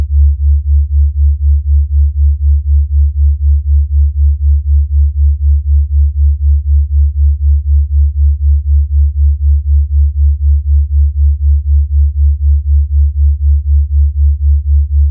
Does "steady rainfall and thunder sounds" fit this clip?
no